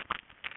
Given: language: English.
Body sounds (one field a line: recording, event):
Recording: throat vibration sensor signal played as sound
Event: swallow